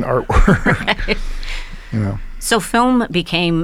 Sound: laughter

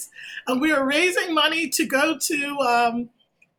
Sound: none

